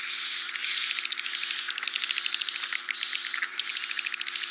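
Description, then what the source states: Swiftlet calls as buzzy high chirp bursts, each about half a second long, overlaid by a steady pure whistled tone and separated by short gaps. Call used for swiftlet farming in Asia.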